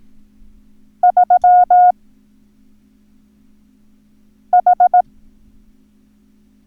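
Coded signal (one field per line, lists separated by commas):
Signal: Morse code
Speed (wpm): 18 wpm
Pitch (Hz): 720 Hz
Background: none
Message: 3 H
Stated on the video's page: Morse code lesson teaching the numbers 3, 5 and 7.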